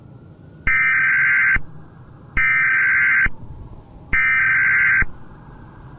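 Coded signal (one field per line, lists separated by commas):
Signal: Emergency Alert System (SAME) tones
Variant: header bursts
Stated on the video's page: Fictional EAS simulation about a wildfire disaster; not a real alert.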